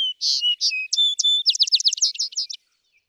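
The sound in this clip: Vesper sparrow sings a short phrase of full whistled notes leading into a fast, slurred, buzzy trill that stops abruptly.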